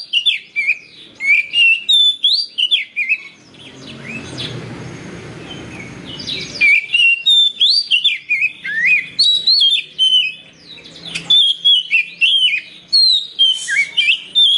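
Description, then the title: Oriental magpie-robin song: a long, varied run of sweet whistles, slurs and chips, briefly interrupted by a burst of rushing noise before the song resumes. "Kacer"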